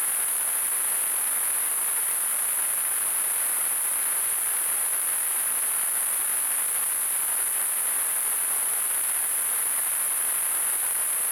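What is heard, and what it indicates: Simulated tinnitus: a constant, unchanging hiss with a bright high-pitched band near 9 kHz over a broad noisy wash centered around 1–2 kHz, with no low-frequency content.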